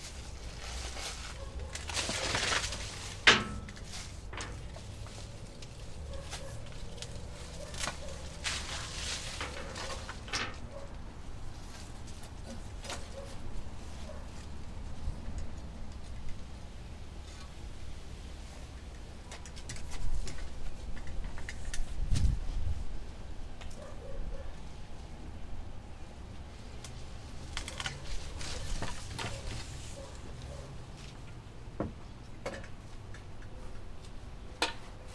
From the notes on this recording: cutting down two small apple trees in our backyard